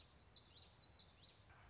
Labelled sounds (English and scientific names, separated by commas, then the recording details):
Common Yellowthroat (Geothlypis trichas)
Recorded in Sonoma County, California